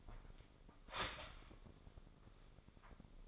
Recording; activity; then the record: daily activity, microphone in the room; start toaster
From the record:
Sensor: 5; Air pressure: 995.3 hPa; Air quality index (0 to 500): 107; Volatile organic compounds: 8 ppm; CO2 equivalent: 2063 ppm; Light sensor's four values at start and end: 35/85/34/35 and 35/83/34/34